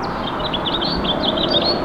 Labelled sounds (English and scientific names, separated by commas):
House Finch (Haemorhous mexicanus) song